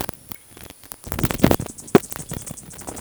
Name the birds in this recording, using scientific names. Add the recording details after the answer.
none. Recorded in forest near Pivijay, Magdalena, Colombia, on 13 April 2023 at 17:30. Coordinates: 10.467, -74.380. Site Z5-G034